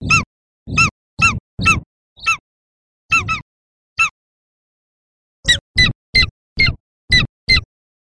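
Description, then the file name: Golden eagle calling in short, sharp, high yelping notes, a run of several, a pause, then six more, with no other sounds. "Berkut"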